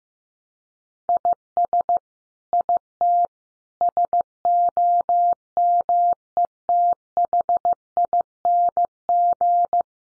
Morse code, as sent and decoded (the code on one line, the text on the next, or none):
.. ... / .. - / ... --- -- . - .... .. -. --.
IS IT SOMETHING